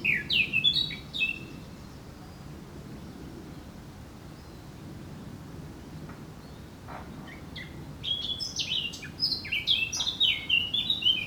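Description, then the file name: Eurasian blackcap song, a short warbled phrase, a long quiet stretch with a faint note, then a sustained burst of rapid varied notes. "Sylvia atricapilla"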